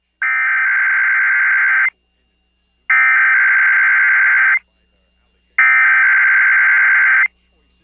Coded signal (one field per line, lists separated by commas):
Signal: Emergency Alert System (SAME) tones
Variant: header bursts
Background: speech